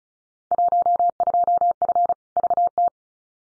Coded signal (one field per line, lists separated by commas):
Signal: Morse code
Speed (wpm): 36 wpm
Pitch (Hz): 700 Hz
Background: none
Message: 12F VT